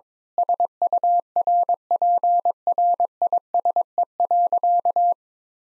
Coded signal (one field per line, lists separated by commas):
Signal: Morse code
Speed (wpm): 22 wpm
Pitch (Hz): 700 Hz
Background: none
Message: SURPRISE.